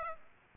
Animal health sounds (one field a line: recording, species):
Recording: mosquito wingbeat signal from an infrared sensor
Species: Aedes aegypti